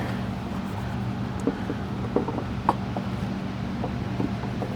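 On a BMW E46 transmission service, a plastic transmission filter with lubed O-rings is pushed into its bore in the transmission valve body over a steady low hum, with a few light knocks and taps around 1.5, 2.2, 2.3 and 3.0 seconds. A sharp, loud pop at 2.7 seconds is the filter seating into place.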